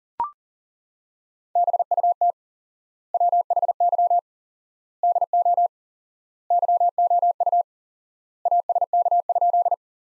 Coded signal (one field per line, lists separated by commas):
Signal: Morse code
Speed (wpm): 40 wpm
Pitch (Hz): 700 Hz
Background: none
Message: BUT WHY DO YOU ASK?